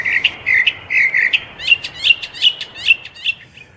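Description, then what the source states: Northern Mockingbird song: a few mellow chirped notes, then a rapid series of sharp notes, fading at the end. Backyard bird; mockingbirds said to do nothing but make music and sing their hearts out for us.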